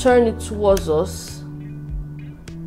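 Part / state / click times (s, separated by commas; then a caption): hand wheel clutch on a sewing machine / released / 2.5 s. Someone talks as the outer ring of the hand wheel on a Pfaff Tipmatic 6122 sewing machine is held and turned towards them, with steady low tones in the background. A sharp click at 2.5 s marks the hand wheel clutch releasing, disengaging the take-up lever so it stays still while the bobbin is wound.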